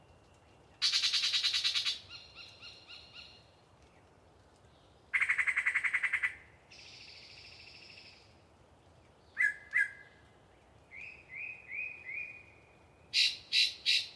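A Yellow-breasted Chat sings a varied string of phrases: harsh, rapid rattles near 1 and 5 seconds, steady whistled tones, quick downslurred notes around 9–12 seconds, and sharp bright chips at the end. Short pauses separate phrases over a faint low hiss.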